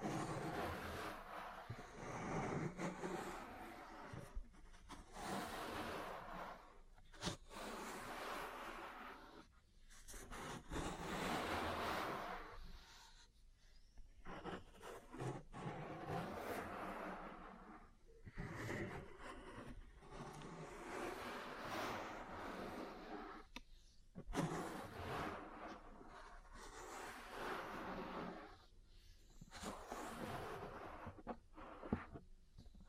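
Ear cleaning and massage sounds: continuous rubbing and scratching close to the mic, with brief gaps and sharp taps scattered throughout, and a low rumble beneath.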